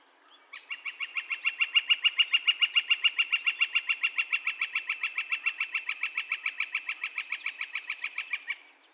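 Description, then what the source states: Northern flicker delivering a sustained rattling series of sharp, evenly timed notes, swelling in loudness early on, then running steadily for eight seconds before ending. Calls, recorded on 2 May 2020.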